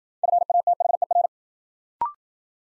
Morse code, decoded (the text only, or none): FATHER